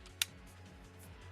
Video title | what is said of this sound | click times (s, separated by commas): Unboxing the Switch 2 | Oh, that that is a nice uh click. | 0.2 s